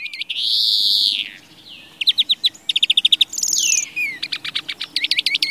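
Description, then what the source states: European greenfinch song: a long wheezy buzz followed by quick trilled rattles, a descending whistle and further rapid chirping trills. Resident bird recorded on a late-winter day.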